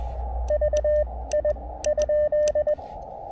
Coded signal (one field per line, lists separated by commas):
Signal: Morse code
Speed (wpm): 20 wpm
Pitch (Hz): 590 Hz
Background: radio noise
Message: V I ?